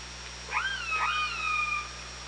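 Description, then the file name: Orca calls, two tonal whistling cries that sweep up sharply, then glide slowly down and level off, with bright harmonics over a steady background hum. Recorded by OrcaLab hydrophone on 24 August 2017 at 18:03. "Orca Lab UTLN JASON 20170824 180336"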